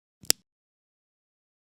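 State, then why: Seated. The plastic pump base of a Nano A8 insulin patch pump is pushed straight down at a 90° angle into its reservoir patch, held on a clean, flat surface. A faint contact sound at 0.25 s is followed by a sharp click at 0.3 s as the pump base seats into the reservoir patch, then silence.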